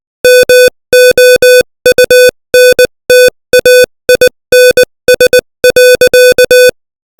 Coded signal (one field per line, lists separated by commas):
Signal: Morse code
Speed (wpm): 20 wpm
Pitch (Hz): 500 Hz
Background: music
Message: MOUNTAINS.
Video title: Morse Code 20 WPM : Lampang